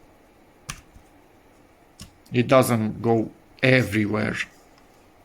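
The loosened plastic swivel joint of a Lisen car vent phone holder mount is rotated between a few fixed detent positions, with sharp clicks at 0.7 s and 2.0 s as it steps from place to place and seats in each position. Someone then talks, noting that the limited positions keep the joint from rotating on its own without having to overtighten the plastic.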